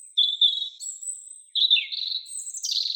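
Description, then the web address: European robin song: thin, high, sustained whistles shifting abruptly in pitch, with a wavering, slightly descending phrase in the middle. "Erithacus rubecula"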